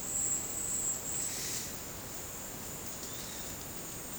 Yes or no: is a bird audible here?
no